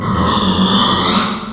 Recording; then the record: squeal of a Yucatan mini pig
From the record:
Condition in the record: after surgery on the right vocal fold (resection and tissue-engineered implant); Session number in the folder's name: 16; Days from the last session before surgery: 183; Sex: female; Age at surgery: 19 weeks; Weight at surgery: 25 kg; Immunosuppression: prednisolone